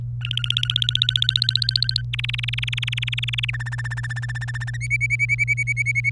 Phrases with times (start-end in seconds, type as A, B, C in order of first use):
0.21-2.01 A, 2.13-3.50 B, 3.53-4.77 C, 4.81-6.10 D